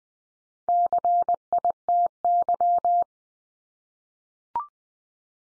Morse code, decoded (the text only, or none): CITY